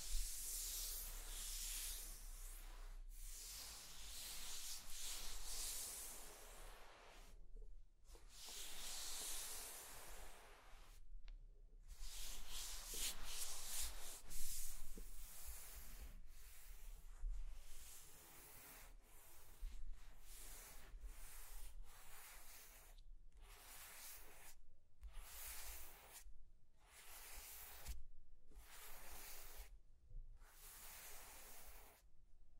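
Scratching and tracing strokes, bright and hissy like sandpaper or a pen rubbing on a rough surface. The first strokes are long and sweeping, with brief pauses between them; after about twenty seconds they turn shorter and more regular, roughly one a second, over a faint low hum.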